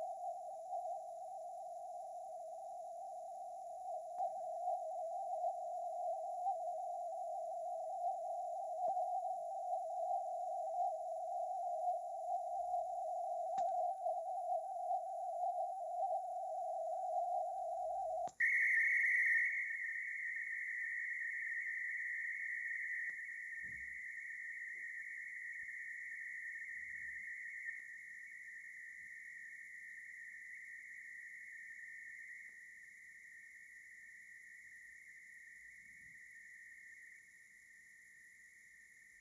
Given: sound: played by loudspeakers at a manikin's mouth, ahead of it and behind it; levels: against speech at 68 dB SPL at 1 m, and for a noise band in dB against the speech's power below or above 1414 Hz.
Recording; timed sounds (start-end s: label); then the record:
test signals for a remote microphone
0.00-4.18 s: noise band at 707 Hz, -5 dB
4.18-8.88 s: noise band at 707 Hz, 0 dB
8.88-13.58 s: noise band at 707 Hz, +5 dB
13.58-18.27 s: noise band at 707 Hz, +10 dB
18.40-23.10 s: noise band at 2000 Hz, +10 dB
23.10-27.79 s: noise band at 2000 Hz, +5 dB
27.79-32.49 s: noise band at 2000 Hz, 0 dB
32.49-37.19 s: noise band at 2000 Hz, -5 dB
37.19-39.21 s: noise band at 2000 Hz, -10 dB
From the record:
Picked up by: remote microphone A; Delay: 47 ms